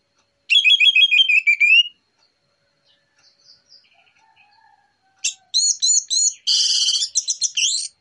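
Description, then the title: Orange-headed thrush song, loud varied whistled phrases and rapid chattering trills in two bursts separated by a quieter gap with soft notes. Morning song used as a lure, relaxed and clear. "Pancingan Anis Merah Plong Santai Pagi Hari"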